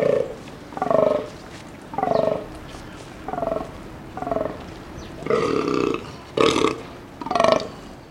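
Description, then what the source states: Fallow deer groaning, a series of about eight deep, belching groans roughly one second apart, the last few louder and harsher. Male fallow deer groaning during the rut.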